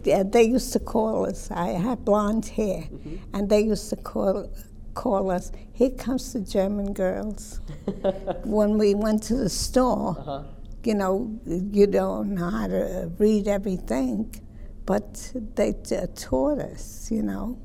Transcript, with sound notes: They used to call us, I had blonde hair...
Uh, huh.
And they used to call us, "Here comes the German girls." (laughs) when we went to the store.
Uh, huh.
You don't know how to read everything but, uh, they taught us, you know.